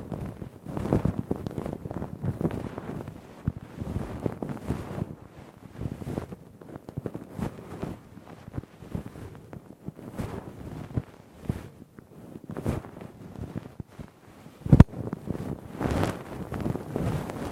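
Ear cleaning with a Q-tip and ear pick: dense, rough scraping and rubbing that comes in quick uneven bursts, mostly low and muffled with some brighter scratchy edges. A sharp click stands out near fifteen seconds, and the rubbing continues steadily to the end.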